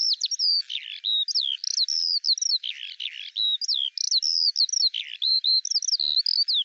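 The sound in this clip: Eurasian skylark song: loud, tumbling, liquid warbles and slurred whistles that flow without pause and vary constantly in pitch.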